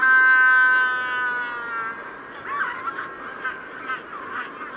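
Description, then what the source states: Magellanic penguin giving a long, steady harmonic bray that slowly fades, followed by a jumble of shorter honks. Evening chorus of Magellanic penguins.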